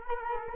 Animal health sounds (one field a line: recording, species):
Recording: mosquito wingbeat signal from an infrared sensor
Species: Culex quinquefasciatus